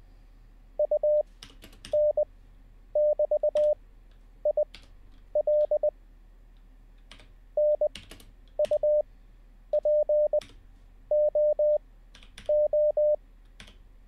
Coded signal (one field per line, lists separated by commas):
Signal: Morse code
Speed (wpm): 20 wpm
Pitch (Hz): 590 Hz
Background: none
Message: UN<BT>IL NUPOO